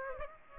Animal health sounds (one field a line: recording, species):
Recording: mosquito wingbeat signal from an infrared sensor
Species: Aedes aegypti